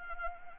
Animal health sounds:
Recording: mosquito wingbeat signal from an infrared sensor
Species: Anopheles arabiensis

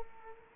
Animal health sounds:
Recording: mosquito wingbeat signal from an infrared sensor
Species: Culex quinquefasciatus

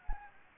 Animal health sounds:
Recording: mosquito wingbeat signal from an infrared sensor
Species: Anopheles gambiae

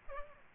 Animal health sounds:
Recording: mosquito wingbeat signal from an infrared sensor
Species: Aedes aegypti

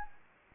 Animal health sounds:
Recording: mosquito wingbeat signal from an infrared sensor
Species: Anopheles arabiensis

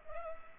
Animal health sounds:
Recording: mosquito wingbeat signal from an infrared sensor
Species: Culex pipiens

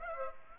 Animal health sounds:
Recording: mosquito wingbeat signal from an infrared sensor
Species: Aedes aegypti

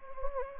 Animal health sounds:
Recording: mosquito wingbeat signal from an infrared sensor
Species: Anopheles gambiae

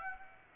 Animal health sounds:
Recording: mosquito wingbeat signal from an infrared sensor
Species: Aedes aegypti

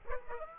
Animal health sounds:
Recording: mosquito wingbeat signal from an infrared sensor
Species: Aedes aegypti

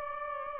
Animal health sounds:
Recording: mosquito wingbeat signal from an infrared sensor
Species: Aedes aegypti

